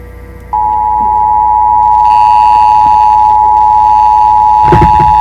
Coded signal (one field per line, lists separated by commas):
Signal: Emergency Alert System (SAME) tones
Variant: 853 and 960 Hz attention tone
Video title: (OLD) Turning up the Heat... (EAS Mock)